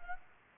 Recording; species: mosquito wingbeat signal from an infrared sensor; Culex pipiens